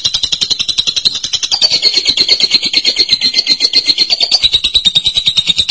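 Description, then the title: Lovebird chattering song, an unbroken stream of rapid, harsh, high-pitched pulses that wavers slightly in pitch. "BM Suara Burung Lovebird"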